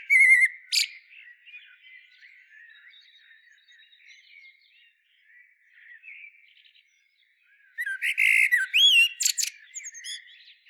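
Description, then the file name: Eurasian blackbird phrase: rich fluted notes followed by squeaky high flourishes, preceded by a brief twitter and soft background birdsong. "Turdus merula"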